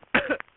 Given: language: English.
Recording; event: throat vibration sensor signal played as sound; cough